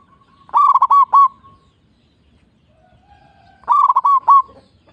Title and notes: PERKUTUT LOKAL GACOR Suara KRISTAL LANTANG. Kicau Burung Perkutut